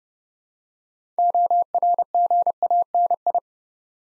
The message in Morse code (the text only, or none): ORGANI